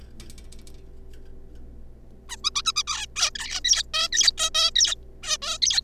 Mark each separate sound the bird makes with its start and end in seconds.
2.29-2.36, 2.44-2.50, 2.55-2.62, 2.65-2.72, 2.76-2.83, 2.87-3.06, 3.16-3.30, 3.35-3.60, 3.64-3.83, 3.94-4.08, 4.12-4.32, 4.38-4.50, 4.55-4.71, 4.76-4.95, 5.23-5.37, 5.42-5.58, 5.62-5.81